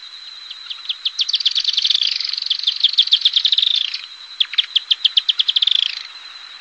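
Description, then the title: Firewood-gatherer calling: rapid high chattering notes in two long runs separated by a brief pause. "LuckyPassaro Completos2Sama. Firewood-gatherer (Anumbius annumbi)"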